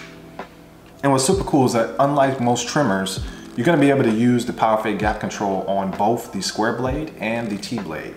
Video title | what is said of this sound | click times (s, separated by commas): Bevel Pro Unboxing and Review: Next-Level Grooming Versatility! | And then you're just gonna press in and snap into place. | 0.4 s